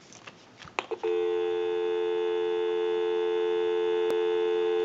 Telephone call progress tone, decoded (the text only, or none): dial tone